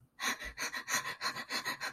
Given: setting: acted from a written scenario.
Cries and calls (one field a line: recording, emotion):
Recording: vocal sound without words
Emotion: distress